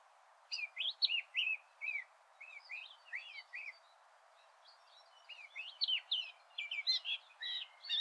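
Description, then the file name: Eurasian blackcap song in two bursts of scratchy warbling twitters separated by a short pause. "Sylvia atricapilla"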